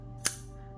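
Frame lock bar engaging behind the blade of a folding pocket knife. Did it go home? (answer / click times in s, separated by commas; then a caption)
yes / 0.3 s. The stainless steel blade of a Ruike P801 folding pocket knife is flipped open, and the steel frame lock bar snaps over behind it with a single sharp, bright click at 0.3 s over a steady low hum. The lock bar seats in place, locking the blade open and holding it.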